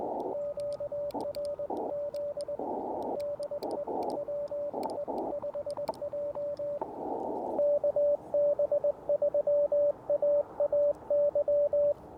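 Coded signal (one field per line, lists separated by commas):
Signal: Morse code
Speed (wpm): 20 wpm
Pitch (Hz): 580 Hz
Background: radio noise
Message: QRZ DE WE5J KB3AAY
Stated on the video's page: Parks on the Air CW activation with an Elecraft KX2, DIY linked dipole and Modern Morse key, under poor band conditions; includes a 25 wpm segment.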